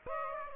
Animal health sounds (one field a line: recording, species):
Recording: mosquito wingbeat signal from an infrared sensor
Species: Aedes aegypti